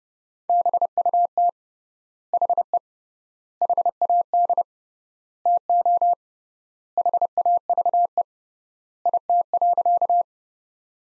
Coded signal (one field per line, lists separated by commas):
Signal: Morse code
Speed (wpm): 30 wpm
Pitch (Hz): 700 Hz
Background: none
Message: BUT HE HAD TO HAVE IT.